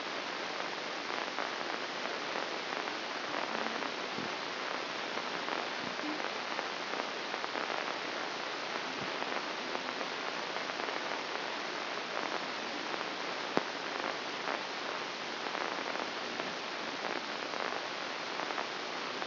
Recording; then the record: brain microelectrode recording played as sound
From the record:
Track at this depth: inside the subthalamic nucleus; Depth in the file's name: 6.305 mm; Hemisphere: left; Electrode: 2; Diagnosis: Parkinson's disease